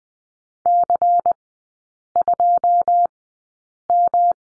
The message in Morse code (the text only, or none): C2M